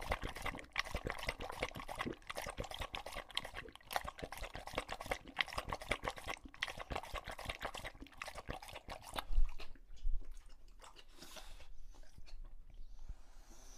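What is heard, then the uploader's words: An English bulldog laps water from a bowl in a fast, steady run of wet slurping splashes through the first nine seconds or so. The lapping then stops, leaving a louder clunk near ten seconds and a few scattered wet sounds and quieter shuffling. English Bulldog Drinks from Water Bowl.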